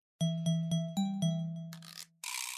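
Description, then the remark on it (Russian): Small bells on a fence outside a window ring in five quick, evenly spaced strikes, their low, humming tone blending into one sustained ring that fades, followed by two short bursts of rustling noise. “Не успели они выйти из кухни, как на ограде за окном снова зазвенели колокольчики.”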